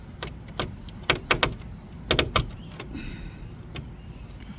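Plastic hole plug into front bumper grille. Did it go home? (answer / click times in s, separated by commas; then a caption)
yes / 2.1 s. A plastic bumper plug is pressed into a leftover license-plate mounting hole in the plastic front grille of a 2021 Audi e-tron Sportback. Sharp hits land at 1.1, 1.3 and 1.4 seconds, then another cluster at 2.1, 2.2 and 2.4 seconds. The plug clicks and seats in the hole at 2.1 seconds.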